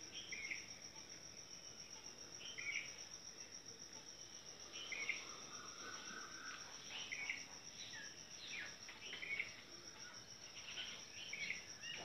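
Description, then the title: Bird song: short, bright chirped notes repeated roughly every two seconds, over a constant high, shrill insect drone. Sings in the morning, every day. "Beautiful bird sings in Morning everyday."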